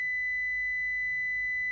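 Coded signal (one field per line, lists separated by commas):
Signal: alarm pattern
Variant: Toyota hybrid warning beep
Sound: a single continuous high-pitched beep tone around 2 kHz, unbroken for the clip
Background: faint low hum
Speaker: and still beeping. So actually the car thinks no one is in right now.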